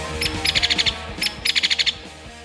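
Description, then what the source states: Hairy Woodpecker: a sharp note followed by a quick series of several notes, the whole pattern given twice. Call louder than the Downy Woodpecker's.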